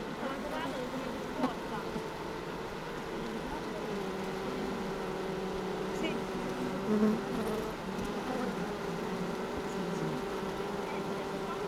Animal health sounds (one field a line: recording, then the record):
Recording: honeybee colony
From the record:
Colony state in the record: missing queen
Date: 31 May 2018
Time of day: 16:08